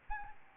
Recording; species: mosquito wingbeat signal from an infrared sensor; Anopheles gambiae